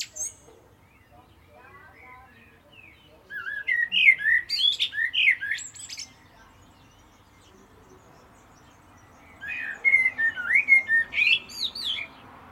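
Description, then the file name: Common blackbird song in two phrases. Each begins with short fluty notes and climbs into scratchy high chatter, with a long quiet gap between them. "Turdus merula"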